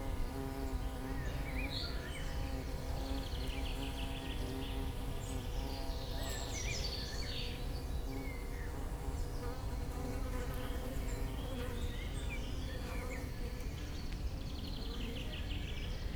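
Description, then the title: Flying insects buzz steadily in a humming, slightly wavering drone, with scattered high chirps and twitters from forest birds over a low rumble. Many flying insects in a spring forest at Corsuet near Aix-les-Bains, France, some hovering near the microphones, and a bumblebee flying a random path; forest birds also present. "Chem. de Corsuet, Aix-les-Bains, France - Insectes volants"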